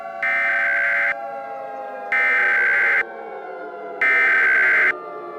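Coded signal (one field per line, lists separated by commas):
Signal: Emergency Alert System (SAME) tones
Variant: header bursts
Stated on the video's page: Fictional zombie-themed EAS scenario recreation with valid SAME tones.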